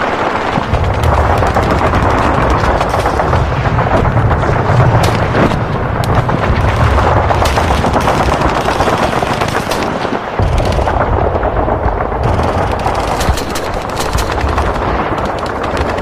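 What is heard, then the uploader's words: Warzone explosions and gunfire form a loud, unbroken barrage with a deep rumble underneath. Sharp cracks and bursts crowd in constantly and irregularly, with a brief lull in the low boom around ten seconds before the din resumes. Warzone Explosions.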